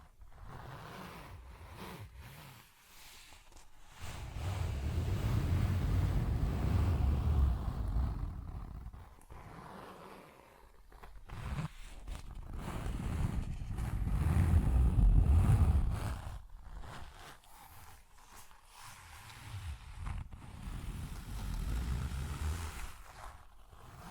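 Scattered taps and scratchy clicks over deep rumbling swells that build and fade around five, fifteen and twenty-two seconds.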